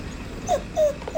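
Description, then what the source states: Hokkaido dog giving a few brief whines, thin and slightly descending, closely spaced against a faint background. Hokkaido dog Fuyuichiro whining for breakfast in the morning; owner voices it as 'hungry, hungry'.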